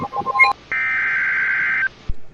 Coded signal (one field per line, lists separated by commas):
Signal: Emergency Alert System (SAME) tones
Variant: header bursts